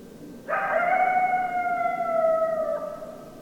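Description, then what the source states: Coyote howl, one long drawn-out harmonic note held for over two seconds, easing gently downward at the end, with faint background hiss. Coyotes recorded on 10 December 2012.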